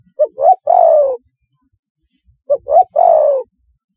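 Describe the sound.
Spotted dove cooing, two phrases about two seconds apart, each with two short notes and then a long, slightly falling coo, in otherwise quiet surroundings.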